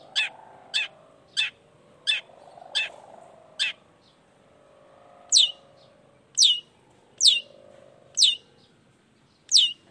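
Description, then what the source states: Long-tailed shrike song: a quick string of short clicking notes, then brighter downslurred whistles spaced about a second apart. Morning singing; features 'toet toet' notes and voice variations, meant to stimulate emotion so that reluctant shrikes start singing along.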